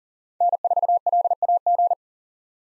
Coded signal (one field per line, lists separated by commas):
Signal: Morse code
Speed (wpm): 40 wpm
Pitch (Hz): 700 Hz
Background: none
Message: N4LAG